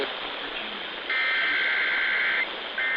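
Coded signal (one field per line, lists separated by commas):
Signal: Emergency Alert System (SAME) tones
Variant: header bursts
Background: speech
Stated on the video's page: Compilation of EAS tests from October 2025.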